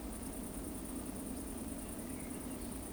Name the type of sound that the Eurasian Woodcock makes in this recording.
whistle